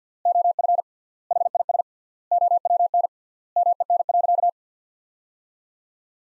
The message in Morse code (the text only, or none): OF HIS OWN MEN.